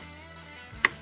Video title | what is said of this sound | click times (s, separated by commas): DIY 2009-2017 Volvo XC60 Turn Signal Bulb Replacement - Replace Volvo XC60 Front Turn Signal Bulb | There it is, you will hear a clicking sound and it's also not coming out anymore. | 0.8 s